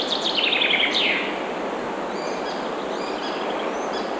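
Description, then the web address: Bird song: a short burst of rapid repeated notes ending in a falling slur, followed by faint chirps over a constant rushing hiss. Birds singing in a forest. "مجموعه افکت صدا حیوانات SES Animals SFX Singing Forest Birds"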